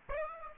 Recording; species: mosquito wingbeat signal from an infrared sensor; Aedes aegypti